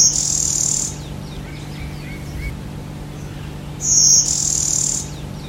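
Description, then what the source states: Blue-winged Warbler singing two high, dry insect-like buzzes about three seconds apart, each lasting roughly a second, over a steady low background hum. Buzzy song heard near the woods at French Village, Missouri.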